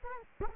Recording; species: mosquito wingbeat signal from an infrared sensor; Culex quinquefasciatus